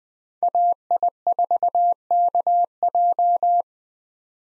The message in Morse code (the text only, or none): AI4KJ